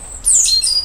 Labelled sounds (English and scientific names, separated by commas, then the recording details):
Stitchbird (Notiomystis cincta) song
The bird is a male
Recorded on Tiritiri Matangi Island, New Zealand, in 2005
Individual 12, of nest box 16